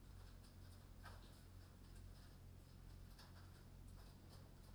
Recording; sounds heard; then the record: poultry house recording; no chicken sound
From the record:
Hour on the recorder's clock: 22